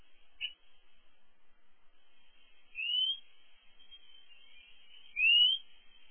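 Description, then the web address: European robin with high, thin whistles sweeping upward, two longer slurred notes in the second half after a brief short note at the start. Songs and calls. "chants et cris rougegorge"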